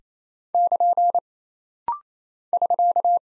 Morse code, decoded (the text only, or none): <KN> <SK>